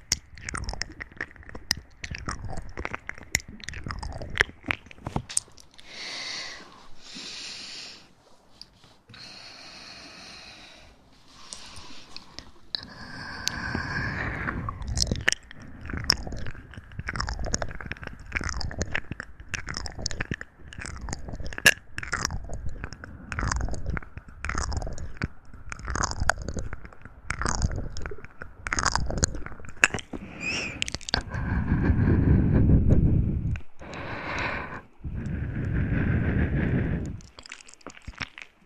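A dense run of sharp clicks and crunching snaps, like chewing or crinkling, fires rapidly and irregularly for most of the 39 seconds. Hissy bursts come between about 6 and 12 seconds, and deep rumbling rushes swell near 14 seconds and again from 31 to 37.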